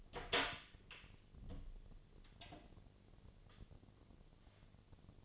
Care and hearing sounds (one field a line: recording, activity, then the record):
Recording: daily activity, microphone in the room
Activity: open door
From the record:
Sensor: 4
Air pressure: 1008.4 hPa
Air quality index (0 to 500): 176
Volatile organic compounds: 5 ppm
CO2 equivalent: 1758 ppm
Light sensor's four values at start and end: 25/79/30/29 and 23/73/28/26